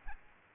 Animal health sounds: mosquito wingbeat signal from an infrared sensor; Aedes aegypti

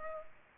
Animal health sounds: mosquito wingbeat signal from an infrared sensor; Culex pipiens

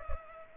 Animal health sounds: mosquito wingbeat signal from an infrared sensor; Culex pipiens

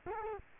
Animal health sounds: mosquito wingbeat signal from an infrared sensor; Culex quinquefasciatus

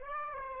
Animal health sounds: mosquito wingbeat signal from an infrared sensor; Aedes aegypti

